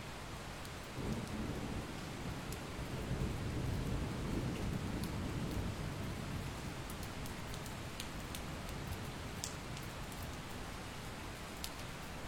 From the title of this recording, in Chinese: 酷暑天忽然而来的雷雨